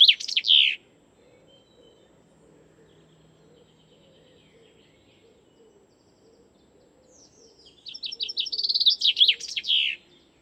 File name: suara chaffinch